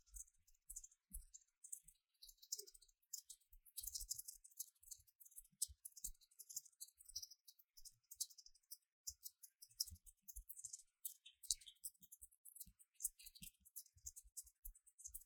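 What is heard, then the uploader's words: Hand sounds: a dense, irregular stream of dry rustles, taps and scratches running the whole fifteen seconds. Bright, hissy friction sits high, with soft low thumps underneath, and the activity comes in quick clusters with brief pauses, busiest around four and eleven seconds. 手的聲音 | Hand Sounds | No Talking. The various sounds of this hand.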